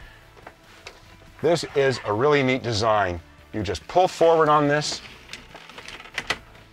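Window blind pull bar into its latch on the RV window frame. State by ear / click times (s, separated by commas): seated / 6.2 s, 6.3 s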